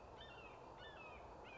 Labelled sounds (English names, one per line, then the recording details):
Red-shouldered Hawk
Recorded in Sonoma County, California